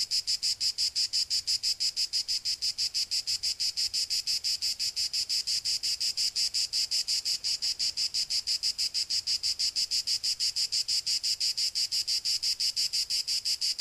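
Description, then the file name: Cicada song: a continuous shrill, rapidly pulsed buzz, very regular and unchanging for the whole stretch. "Cicada 2 euroblues"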